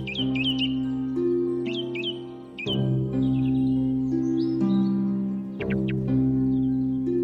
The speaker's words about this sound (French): et transporté subitement dans le passé, je revis ces campagnes où j'entendis si souvent siffler la grive.